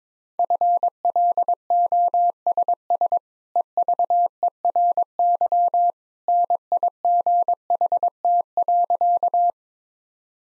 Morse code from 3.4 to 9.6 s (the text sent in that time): EVERY NIGHT.